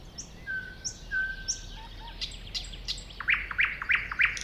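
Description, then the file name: Thrush nightingale song with high upslurred notes, a drawn-out whistle, and a closing series of four loud, sharp chock notes. Recorded at a woodland edge next to a lake, 2001. "thrush-nightingale-at-woodland-edge-next-to-the-lake-2001"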